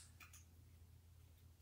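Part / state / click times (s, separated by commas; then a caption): plastic toy machine piece into its housing / seated / 0.3 s. A plastic piece of a toy boba machine is clicked into its housing, and it seats. A faint, short click is heard at 0.3 s over a low steady hum, with a softer tick just before it.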